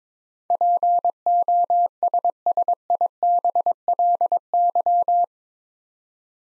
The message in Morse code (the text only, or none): POSSIBLY